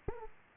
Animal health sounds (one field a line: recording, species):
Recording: mosquito wingbeat signal from an infrared sensor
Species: Aedes aegypti